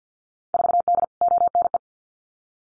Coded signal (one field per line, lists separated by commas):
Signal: Morse code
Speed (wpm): 50 wpm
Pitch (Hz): 700 Hz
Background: none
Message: 4D ONE